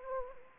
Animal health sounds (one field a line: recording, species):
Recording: mosquito wingbeat signal from an infrared sensor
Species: Anopheles arabiensis